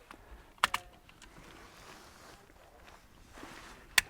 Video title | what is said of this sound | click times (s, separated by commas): Fast Fault Finding - Electrician Life | make sure it clicks and it's in place | 0.6 s, 4.0 s